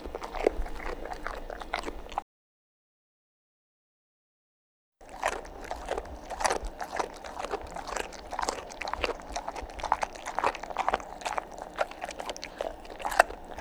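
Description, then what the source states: Dog chewing, with crunchy clicks for two seconds, a silent gap of nearly three seconds, then steady chomping resumes. Dog eating and chomping.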